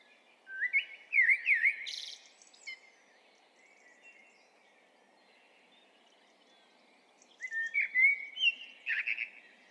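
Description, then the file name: Common blackbird song: two warbled phrases with harsh, high twitter endings, separated by a few seconds of quiet, over a steady soft background hiss. "Turdus merula"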